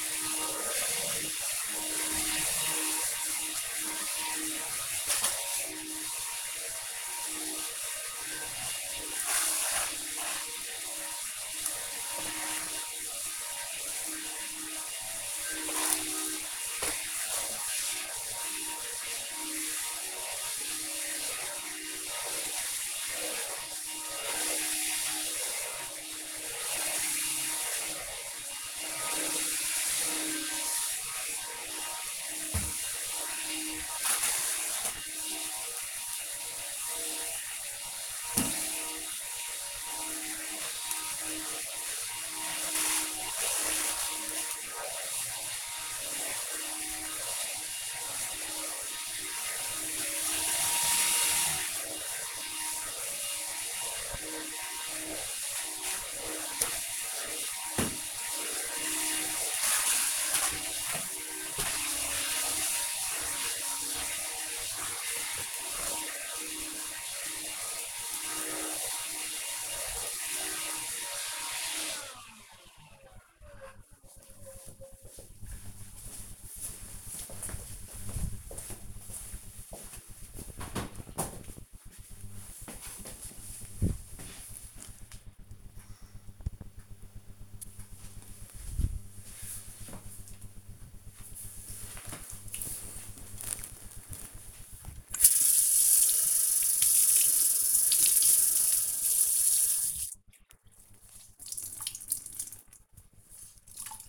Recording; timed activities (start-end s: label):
household activities, microphone on the right wrist
0.00-71.43 s: vacuum cleaning
94.58-104.09 s: cleaning table